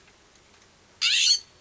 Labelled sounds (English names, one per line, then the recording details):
California Scrub-Jay
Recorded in Sonoma County, California